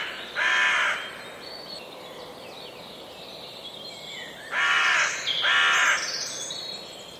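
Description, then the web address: Bird calls, harsh cawing notes, one early and a pair near the end, with faint chatter between. "Deverinetal 2025 File origin Bird Only"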